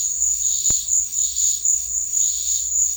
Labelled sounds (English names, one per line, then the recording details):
none
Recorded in secondary vegetation near Puerto Asís, Putumayo, Colombia, on 8 March 2025 at 15:30
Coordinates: 0.499, -76.323
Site G094